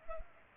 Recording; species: mosquito wingbeat signal from an infrared sensor; Culex pipiens